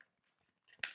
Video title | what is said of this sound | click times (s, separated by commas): Vintage Camera Overview-Mechanical Noises, Soft Talking | the lens cover just kind of snaps in place but | 0.8 s